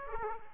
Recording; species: mosquito wingbeat signal from an infrared sensor; Aedes aegypti